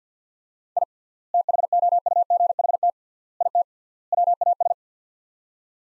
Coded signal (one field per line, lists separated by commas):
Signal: Morse code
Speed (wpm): 45 wpm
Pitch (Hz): 700 Hz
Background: none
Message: I THOUGHT IT WAS